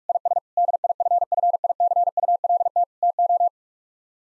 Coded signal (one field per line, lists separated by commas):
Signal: Morse code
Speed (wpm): 49 wpm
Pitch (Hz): 700 Hz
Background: none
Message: IS DIFFICULT TO